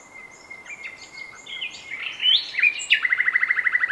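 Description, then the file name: Common nightingale giving a long flat whistle that swells and climbs, then a fast even series of repeated loud notes. "Luscinia megarhynchos"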